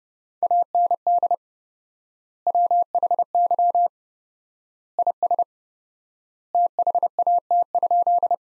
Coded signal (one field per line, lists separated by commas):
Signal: Morse code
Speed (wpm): 30 wpm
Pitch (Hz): 700 Hz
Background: none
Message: AND WHY IS THAT?